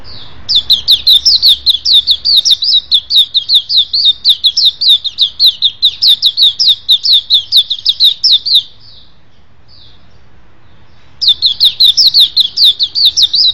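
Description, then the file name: White-eye song: a fast run of high, sweeping chirped notes, about two or three each second, breaks off briefly, then starts again. "suara pleci"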